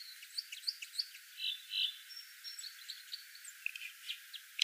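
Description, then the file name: Red crossbill giving scattered sharp chips and brief buzzy notes, irregularly spaced. "Loxia curvirostra"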